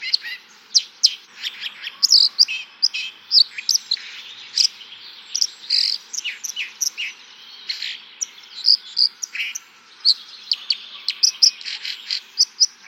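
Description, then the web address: White-throated dipper song: a long run of rapid, scratchy warbled phrases mixing sharp high clicks, buzzy notes and short trills. "fugler fossekall"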